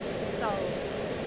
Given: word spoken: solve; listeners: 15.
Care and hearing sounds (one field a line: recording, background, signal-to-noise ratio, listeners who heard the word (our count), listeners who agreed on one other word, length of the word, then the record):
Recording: one English word in noise, from a listening test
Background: speech-shaped noise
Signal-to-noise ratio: -4.2 dB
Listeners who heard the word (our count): 3 of 15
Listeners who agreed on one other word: 6 of 15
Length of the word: 0.87 s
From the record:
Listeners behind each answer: 6, 3, 3, 1, 1, 1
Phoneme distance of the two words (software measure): 17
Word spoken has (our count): 1 syllable, 4 phonemes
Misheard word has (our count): 1 syllable, 3 phonemes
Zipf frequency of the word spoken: 4.30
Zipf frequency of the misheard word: 4.53